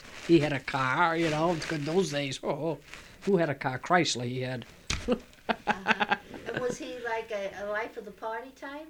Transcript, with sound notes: He had a car, you know. In those days who had a car? A Chrysler, he had. ( she laughs )
Was he like a "life of the party" type?